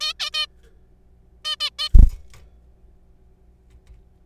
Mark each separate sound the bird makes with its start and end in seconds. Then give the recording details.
0.01-0.13, 0.20-0.30, 0.34-0.46, 1.45-1.56, 1.60-1.70, 1.79-1.88. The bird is a juvenile. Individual R3428